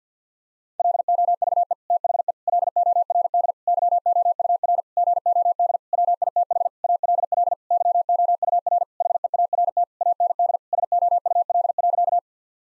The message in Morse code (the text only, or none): LOVE THE LORD YOUR GOD WITH ALL YOUR HEART AND SOUL.